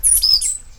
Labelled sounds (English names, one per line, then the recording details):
Stitchbird song
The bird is a male
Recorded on Tiritiri Matangi Island, New Zealand, in 2005
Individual 19, of nest box 27